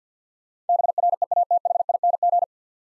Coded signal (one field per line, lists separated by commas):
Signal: Morse code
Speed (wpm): 50 wpm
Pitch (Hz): 700 Hz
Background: none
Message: BREATHING